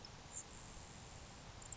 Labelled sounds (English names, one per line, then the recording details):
Grasshopper Sparrow
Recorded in Sonoma County, California